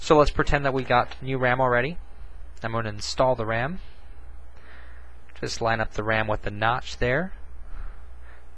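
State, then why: Not seated. Someone talks while lining up a laptop RAM module (SO-DIMM) with the notch in the bottom memory slot of a MacBook Pro A1226 as a new module is installed. Only speech and a faint handling sound near 4.6 s are heard. Nothing has seated or clicked yet.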